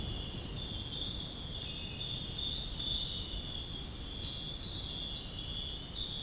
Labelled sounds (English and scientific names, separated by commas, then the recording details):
none
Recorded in dense forest near Puerto Asís, Putumayo, Colombia, on 29 June 2025 at 05:30
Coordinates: 0.481, -76.323
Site G072